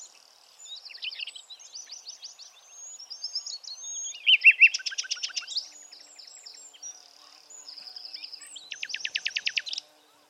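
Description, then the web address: Bird song of varied high chips and trills, a loud descending phrase near the middle, ending with a fast, even rattling trill. "Bird Only"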